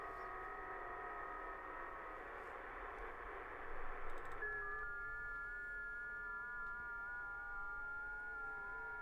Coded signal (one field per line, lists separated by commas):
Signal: FT8